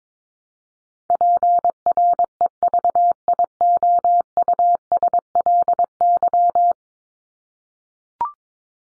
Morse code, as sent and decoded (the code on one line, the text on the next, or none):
.--. .-. . ...- .. --- ..- ... .-.. -.--
PREVIOUSLY